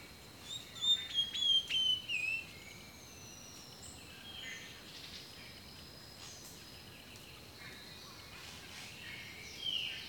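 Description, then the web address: Birdsong: a quick, bright whistled phrase that warbles and falls in the first seconds, then quiet hiss with faint chirps and a brief note at the end. Birdsong recorded in a rainforest, from a nature sounds collection. "The Natural Sounds of the Wilderness 10 CDs collection Echoes of Nature - Rainforest Birdsong"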